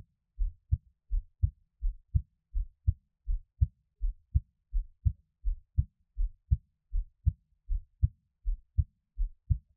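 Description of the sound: Steady paired low thumps, a lub followed closely by a dub, repeat at about 80 beats a minute with a regular rhythm. An adult's own heartbeat heard close up, with no talking and a quiet background.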